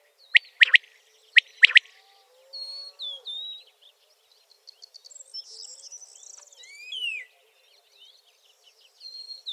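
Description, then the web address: Common quail calling twice with crisp three-part notes about a second apart, followed by varied whistles and trills from other birds. "rdewys. Kwartel"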